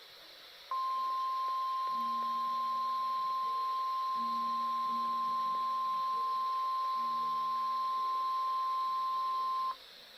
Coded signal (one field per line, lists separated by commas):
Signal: Emergency Alert System (SAME) tones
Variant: 1050 Hz attention tone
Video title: EAS #1136-#1137 WWG53 and WXM33 RWT